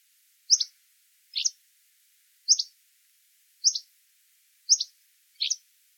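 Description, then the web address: Hammond's flycatcher calls: six sharp, high, downslurred notes against a quiet background. "Thumbs Plus Zoo Field Guide Repository"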